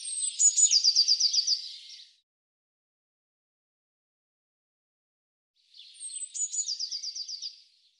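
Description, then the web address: Eurasian blue tit giving two phrases, each a few high thin notes followed by a quick, even trill, in a quiet background. "Deverinetal"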